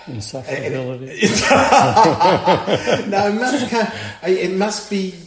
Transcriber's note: laughs